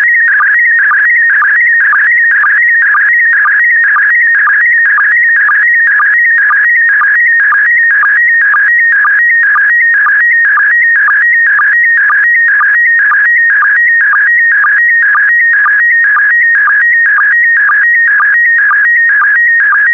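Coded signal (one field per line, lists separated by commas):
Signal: SSTV (slow-scan television)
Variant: PD120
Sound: steady warbling tone shifting pitch, with a short low blip about twice a second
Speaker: the next image transmission will start in 10 seconds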